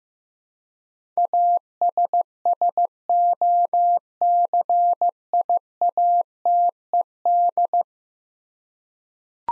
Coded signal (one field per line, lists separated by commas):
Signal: Morse code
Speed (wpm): 15 wpm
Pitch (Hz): 700 Hz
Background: none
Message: ASSOCIATED